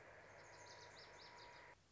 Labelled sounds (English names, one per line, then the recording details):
Lazuli Bunting
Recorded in Sonoma County, California